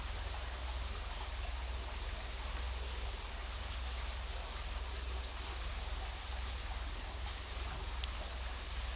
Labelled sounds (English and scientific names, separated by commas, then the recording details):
none
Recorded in dense forest near Puerto Asís, Putumayo, Colombia, on 20 December 2024 at 11:30
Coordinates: 0.467, -76.328
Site GP05